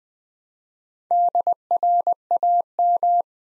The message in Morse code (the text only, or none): DRAM